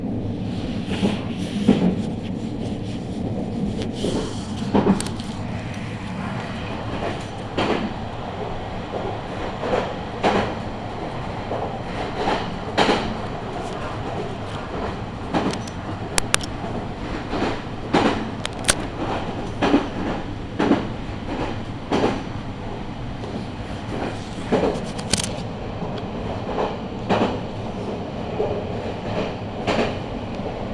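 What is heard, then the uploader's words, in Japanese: A Meitetsu train rolls between Konan, Hotei and Shin-Kani on the Inuyama and Hiromi lines, its steady low rumble filling the whole clip. Sharp rail-joint clacks and clunks break through every second or two, with a few brighter metallic knocks scattered throughout. ガタンゴトンの旅。名古屋鉄道犬山・広見線 江南→布袋→新可児。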